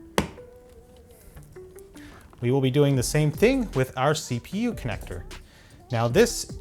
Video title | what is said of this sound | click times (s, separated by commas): How To Build A PC | then press firmly down until you hear the click | 0.2 s